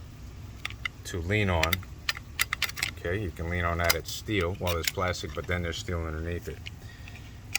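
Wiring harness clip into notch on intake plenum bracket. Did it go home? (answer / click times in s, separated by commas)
yes / 7.6 s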